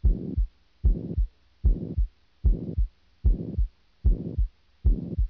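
An adult heart heard through a stethoscope, beating regularly at about 75 per minute, with a pansystolic murmur filling the whole gap between the first and second heart sounds.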